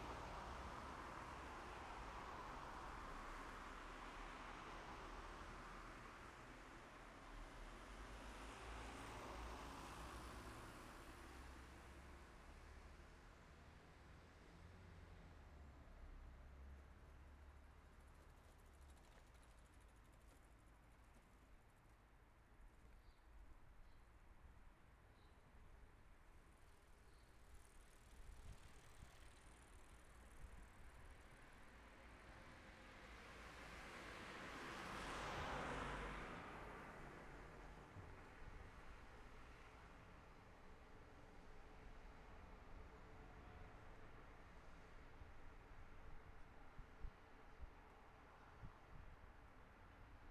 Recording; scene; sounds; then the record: everyday scene through a hearing-aid microphone; in traffic; traffic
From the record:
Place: city secondary road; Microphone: behind the ear, left, front